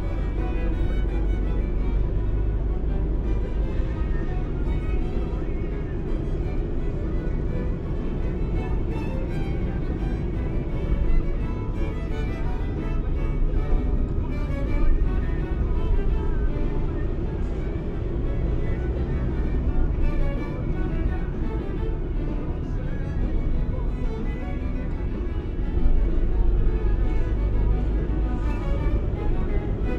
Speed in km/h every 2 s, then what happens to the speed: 34, 38, 40, 43, 46, 45, 40, 37, 43, 49, 45, 40, 32, 36, 42.
0-8 speeds up to 46. 8-14 slows to 37. 14-19 speeds up to 49. 19-25 slows to 32. 25-30 speeds up to 42.